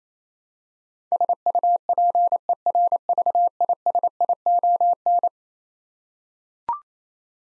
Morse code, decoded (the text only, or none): SUPERVISION